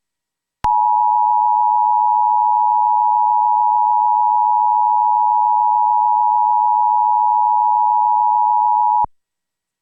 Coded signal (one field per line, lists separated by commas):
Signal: Emergency Alert System (SAME) tones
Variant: 853 and 960 Hz attention tone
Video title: EAS - Required Monthly Test for the North Anna Nuclear Power Station